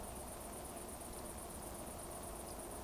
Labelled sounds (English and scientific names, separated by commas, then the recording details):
Eurasian Woodcock (Scolopax rusticola) whistle
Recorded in Baden-Württemberg, Germany, on 24 June 2020 at 20:19 UTC
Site 14569, 102 m above sea level